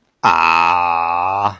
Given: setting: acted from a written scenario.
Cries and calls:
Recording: vocal sound without words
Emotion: adoration

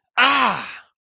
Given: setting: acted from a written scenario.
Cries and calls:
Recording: vocal sound without words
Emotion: pain

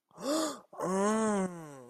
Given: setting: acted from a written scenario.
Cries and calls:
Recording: vocal sound without words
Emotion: realization

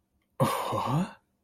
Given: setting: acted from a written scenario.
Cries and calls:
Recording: vocal sound without words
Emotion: confusion

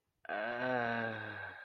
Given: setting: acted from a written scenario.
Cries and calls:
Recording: vocal sound without words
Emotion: desire

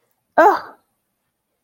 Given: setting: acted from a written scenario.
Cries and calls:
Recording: vocal sound without words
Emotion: distress

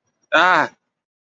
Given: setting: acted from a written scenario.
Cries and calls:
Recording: vocal sound without words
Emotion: negative surprise

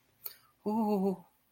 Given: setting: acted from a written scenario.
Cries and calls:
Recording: vocal sound without words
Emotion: fear

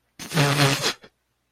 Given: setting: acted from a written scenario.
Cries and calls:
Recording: vocal sound without words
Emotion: amusement

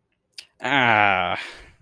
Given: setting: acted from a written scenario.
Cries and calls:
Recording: vocal sound without words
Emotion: pain

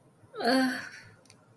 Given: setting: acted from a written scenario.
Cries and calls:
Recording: vocal sound without words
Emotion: romantic love

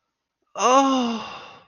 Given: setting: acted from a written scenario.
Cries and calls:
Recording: vocal sound without words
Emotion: ecstasy

